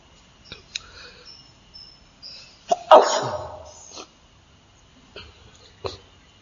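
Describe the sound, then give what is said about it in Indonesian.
A single loud sneeze erupts midway, a quick sharp intake followed by an explosive breathy burst that trails off, with a few faint clicks and rustles before and after. “Alhamdulillah. Yahdikumullah wa yuslih balakum.”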